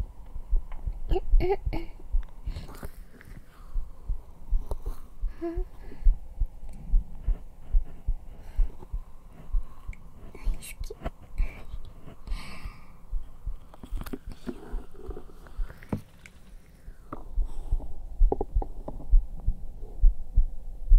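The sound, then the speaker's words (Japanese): A steady, muffled heartbeat for ASMR, recorded on a black 3Dio binaural microphone, thumps low and continuous, joined by scattered soft clicks and rustles, with a brief quiet voice speaking once partway through. “口の耳と反対側の耳で心音聞くのどっちがいい？”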